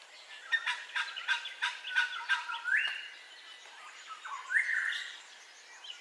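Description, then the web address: Bird calls: a quick sequence of harsh repeated notes, then two bright, drawn-out whistles rising in pitch, with softer chirps among them. Dawn ambience with bird calls, stereo. "Sound Effects-Foundation Updates AMBIENCE DAWN BIRDCALLS STEREO"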